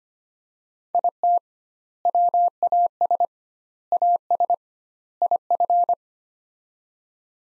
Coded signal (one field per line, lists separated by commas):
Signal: Morse code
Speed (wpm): 25 wpm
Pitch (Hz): 700 Hz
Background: none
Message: IT WAS AS IF